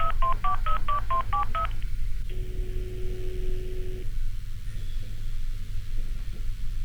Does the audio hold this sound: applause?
no